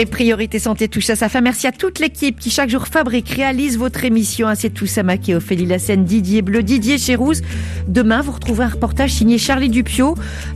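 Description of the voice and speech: A woman speaks French in a fluent, clear broadcast voice, closing a radio health programme, thanking the team and reading the credits. Her pace is steady with lively pitch and almost no pauses. This is ordinary typical speech, with a faint low hum underneath.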